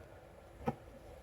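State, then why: Seated. A fastener is fitted into a pinball cabinet panel during the cabinet build, with its engraved number facing down as the instructions direct. A single sharp click at 0.7 s marks it locking into place on one side, against a quiet low background hum. The fastener is seated.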